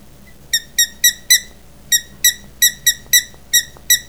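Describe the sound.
Ferret squeaking: a rapid series of short, shrill, harmonic squeals in uneven bursts, with one brief pause near the middle.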